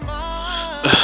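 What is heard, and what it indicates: An adult man, a radio host, coughs abruptly after getting stuck mid-sentence while talking.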